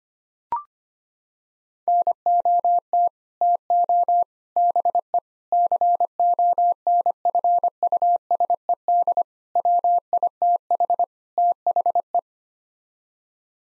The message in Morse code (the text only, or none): NOT TO BE CONFUSED WITH THE